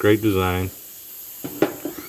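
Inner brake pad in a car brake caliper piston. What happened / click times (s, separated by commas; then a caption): The inner brake pad popped free of its spring clip / 1.6 s. Someone talks, then the old inner brake pad of a Mercedes C230 front brake, held into the caliper piston by metal spring clips, is pulled out. It pops free with a single sharp hit at 1.6 s, followed by a few faint knocks, and the pad is released.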